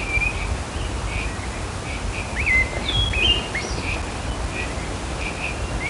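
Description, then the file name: Great thrush calling with short, high chirps and a few slurred, whistled notes clustered midway, against steady low-pitched background rumble. "Turdus fuscater - Great Thrush"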